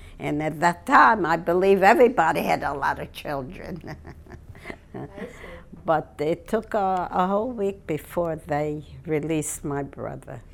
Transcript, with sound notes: And at that time, I believe everybody had a lot of children. ( she laughs ) I see.
But it took a whole week before they released my brother.